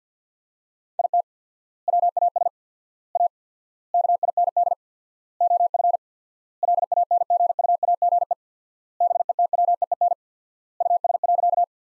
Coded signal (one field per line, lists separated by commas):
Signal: Morse code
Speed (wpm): 50 wpm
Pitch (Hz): 700 Hz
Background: none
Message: IT WAS A KIND OF LANGUAGE BETWEEN US.